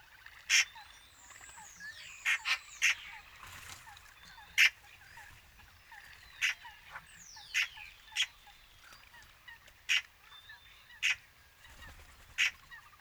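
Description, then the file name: Eurasian magpie giving harsh, dry single notes at irregular intervals, with other birds whistling sweeping, slurred notes in the background. "Pica pica"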